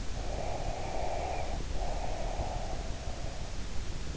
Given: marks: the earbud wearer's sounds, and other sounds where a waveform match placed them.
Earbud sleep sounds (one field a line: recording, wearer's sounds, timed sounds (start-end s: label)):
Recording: sounds in sleep by an in-ear microphone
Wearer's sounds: breath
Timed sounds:
0.09-3.53 s: breath